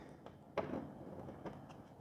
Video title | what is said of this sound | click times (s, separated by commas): How to Fix White Spots Without Cracking your LCD Screen! LG TV Backlight LED Lenses Repair 50LB5610 | and the clips should just about there we go we can hear them starting to latch in | 0.3 s, 0.6 s